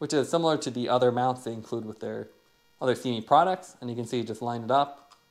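A plastic Magicshine Seemee 300 bike taillight is lined up with its plastic quarter-turn saddle rail mount while someone talks, with a pause in the talk around 2.3 to 2.8 seconds. The clip ends before the taillight is twisted in; nothing has seated or locked yet.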